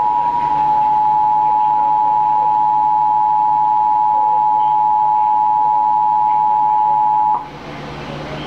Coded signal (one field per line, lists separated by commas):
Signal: Emergency Alert System (SAME) tones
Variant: 853 and 960 Hz attention tone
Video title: Child Abduction Emergency on TV (EAS #805)